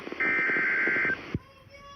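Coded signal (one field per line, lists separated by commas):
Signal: Emergency Alert System (SAME) tones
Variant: header bursts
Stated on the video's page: Severe Thunderstorm Warning received on NOAA Weather Radio station KIH45.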